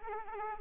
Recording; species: mosquito wingbeat signal from an infrared sensor; Anopheles arabiensis